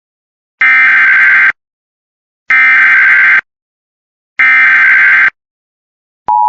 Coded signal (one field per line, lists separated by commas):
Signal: Emergency Alert System (SAME) tones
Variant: header bursts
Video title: (CAR ONLY) Severe Thunderstorm Warning for my county EAS 647